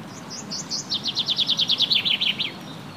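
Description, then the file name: Common chaffinch song: a rapid run of many bright, high notes dropping slightly in pitch, then stopping, over a low steady hum. "Fringilla coelebs"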